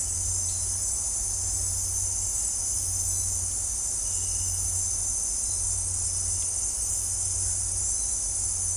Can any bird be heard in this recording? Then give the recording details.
no. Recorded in dense forest near Puerto Asís, Putumayo, Colombia, on 15 December 2024 at 18:00. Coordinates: 0.503, -76.323. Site G043